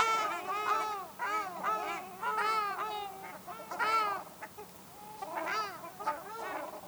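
Ruddy shelduck honking, a string of nasal arched calls that fades into softer, more scattered notes toward the end.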